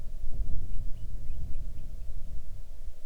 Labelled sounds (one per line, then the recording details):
bird
wind
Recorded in the Arctic National Wildlife Refuge, Alaska, on 6 July 2019 at 00:23
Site 39